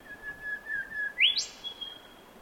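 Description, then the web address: Bird call: a thin steady whistle that sweeps abruptly upward into a high note, over a soft outdoor hiss. Call of an unidentified bird. "Sound Effects-Foundation 1 BIRD UNKNOWN WARBURTON CALL"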